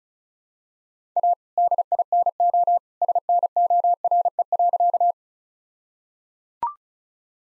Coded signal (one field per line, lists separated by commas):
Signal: Morse code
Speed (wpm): 34 wpm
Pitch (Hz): 700 Hz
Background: none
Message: A DINO SNORE.